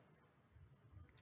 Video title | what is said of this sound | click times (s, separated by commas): Installation and Operation: Pentair Whole House Carbon Water Filtration System for 1 to 2 Bathrooms | do some sort of reconfiguration all you have to do is twist the lock back | 1.2 s